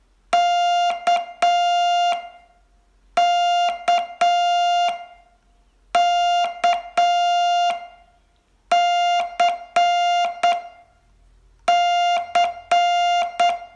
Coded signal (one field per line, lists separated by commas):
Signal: Morse code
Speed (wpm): 8 wpm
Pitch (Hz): 700 Hz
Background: music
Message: KK KC C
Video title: Learn Morse in 42 Days from VU2LAU - day 21